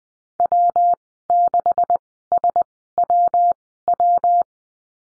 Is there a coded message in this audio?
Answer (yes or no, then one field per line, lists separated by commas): yes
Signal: Morse code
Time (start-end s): 0.4-4.4 s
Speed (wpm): 20 wpm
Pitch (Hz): 700 Hz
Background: none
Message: W6SWW